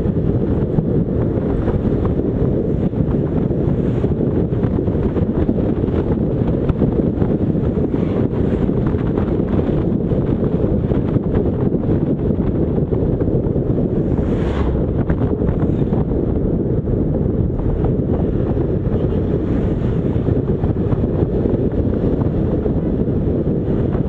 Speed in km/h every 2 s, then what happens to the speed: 61, 58, 57, 57, 54, 56, 56, 54, 62, 49, 45, 62.
0-7 slows to 54. 7-17 steady at about 56. 17-19 brakes to 45. 20-22 speeds up to 62.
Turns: 7-9.